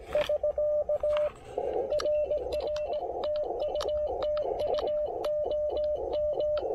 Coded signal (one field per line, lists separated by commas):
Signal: Morse code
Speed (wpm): 17 wpm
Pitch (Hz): 590 Hz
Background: radio noise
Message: <SK> RR TU TU OM